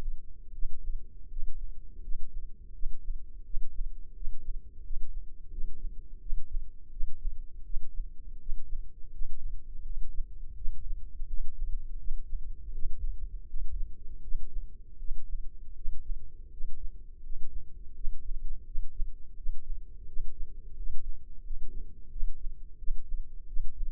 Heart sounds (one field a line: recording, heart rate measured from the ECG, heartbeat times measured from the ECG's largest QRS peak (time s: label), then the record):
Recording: heart sounds by microphone in the right ear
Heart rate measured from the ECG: 84 bpm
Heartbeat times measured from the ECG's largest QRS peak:
0.52 s: heartbeat
1.29 s: heartbeat
2.01 s: heartbeat
2.73 s: heartbeat
3.44 s: heartbeat
4.14 s: heartbeat
4.83 s: heartbeat
5.50 s: heartbeat
6.20 s: heartbeat
6.90 s: heartbeat
7.63 s: heartbeat
8.39 s: heartbeat
9.12 s: heartbeat
9.83 s: heartbeat
10.55 s: heartbeat
11.27 s: heartbeat
11.98 s: heartbeat
12.72 s: heartbeat
13.46 s: heartbeat
14.21 s: heartbeat
14.98 s: heartbeat
15.75 s: heartbeat
16.50 s: heartbeat
17.22 s: heartbeat
17.94 s: heartbeat
18.65 s: heartbeat
19.35 s: heartbeat
20.06 s: heartbeat
20.75 s: heartbeat
21.43 s: heartbeat
22.10 s: heartbeat
22.77 s: heartbeat
23.46 s: heartbeat
From the record:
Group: healthy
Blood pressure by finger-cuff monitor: 108/62 mmHg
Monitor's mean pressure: 74 mmHg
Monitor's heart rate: 84 bpm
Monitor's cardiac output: 7.6 L/min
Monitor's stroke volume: 92 mL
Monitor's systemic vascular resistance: 700 dyn s/cm5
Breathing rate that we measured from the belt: 15 breaths a minute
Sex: male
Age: 19 years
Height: 178 cm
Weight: 83 kg